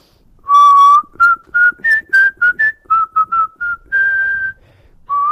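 A person whistles a melody: a long opening note followed by a quick run of short, bright tones that rise and fall, then another held note and a final short one. No talking.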